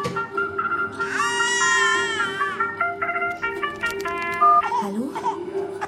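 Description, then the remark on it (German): A baby cries in a high, wavering wail that lasts about a second, then breaks into shorter fretful whimpers and squeals over a steady low hum. “Psst, nicht weinen jetzt”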